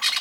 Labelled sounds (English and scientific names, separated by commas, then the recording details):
Brown-throated Parakeet (Eupsittula pertinax) contact call
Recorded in Venezuela
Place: Guárico; Corozopando; Fundo La Fe
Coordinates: 8.506, -67.593